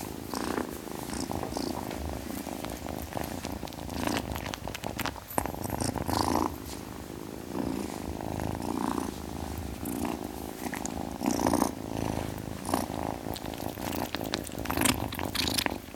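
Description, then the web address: Cat purring, a continuous low rumbling purr that carries on for the whole stretch, swelling and easing slightly, with soft rustling noises at times. Ten-week-old kitten purring. "Sound Effects-BBC Cats Purring. ten week old kitten purring"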